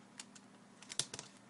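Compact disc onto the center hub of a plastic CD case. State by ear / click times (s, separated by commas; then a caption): seated / 1.0 s. A compact disc that had come loose inside an audiobook CD case is pressed back onto the plastic center hub of the case. Light plastic ticks come at 0.2 and 0.8–0.9 s, then a sharp, bright snap at 1.0 s followed by a couple of softer clicks around 1.1–1.2 s. The disc is seated back on the hub.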